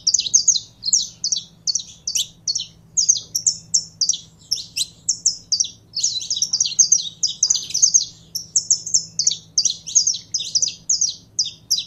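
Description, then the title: Canary song in steady, rapid rolling phrases of high chirped notes, almost unbroken throughout, with a faint low hum beneath. Song of a purebred Belgian canary. "Canto Do Canário Belga Puro"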